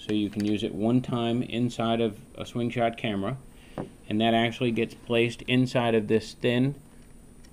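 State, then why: Not seated. Someone talks while a single-use micro SD recording card is handled for placement into the thin card port of a small SwingShot action camera; a fingernail may be needed to tuck it in. Nothing has seated or clicked yet by the end of the clip.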